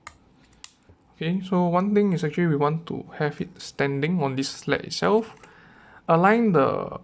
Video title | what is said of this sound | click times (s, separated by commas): Must have! - Accessories for DJI Mini2 - review landing gear + propeller guard + UV lens filter | and then click into place | 0.1 s, 0.6 s